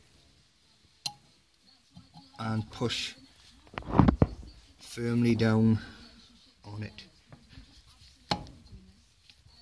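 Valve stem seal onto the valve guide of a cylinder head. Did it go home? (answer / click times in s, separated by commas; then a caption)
yes / 8.3 s. A rubber valve stem seal is pushed firmly down onto the valve guide of an RMZ450 4-stroke dirt bike cylinder head with an installation tool while someone talks. A sharp click at 8.3 s, after several knocks around 3.8–4.2 s, shows the seal has seated on the guide and is installed.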